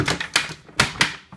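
After a badly fitted part was removed because the safety light was blinking, the plastic bowl/lid part is refitted onto the base of a Moulinex Companion kitchen food processor. Loud plastic clicks are heard at 0.4, 0.8 and 1.0 s, and the part is now properly seated in place.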